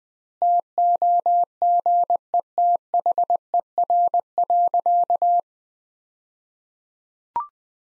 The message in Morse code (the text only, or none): TOGETHER.